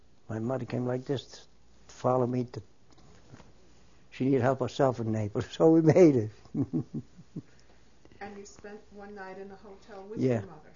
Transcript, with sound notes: My mother came like this to follow me to, she help herself in Naples, so we made it. ( he laughs )
And you spent one night in the hotel with your mother?